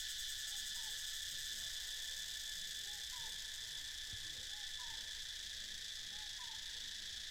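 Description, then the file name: Cicadas in a continuous shrill pulsing chorus, with soft falling two-part notes repeated at intervals in the background. "freesound cicadas"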